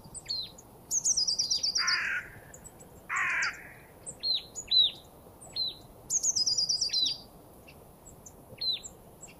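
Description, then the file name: Marsh tit calls: high, rapid ticking runs broken by two harsh buzzy notes, with scattered sharp chips throughout. "Poecile palustris"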